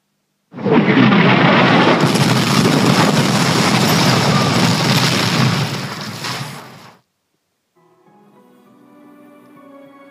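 An artillery shell roars over a column of armored vehicles and explodes to the north of it in one loud, sustained blast of deep, rumbling noise lasting about six seconds before cutting off abruptly, followed by faint, quiet tones.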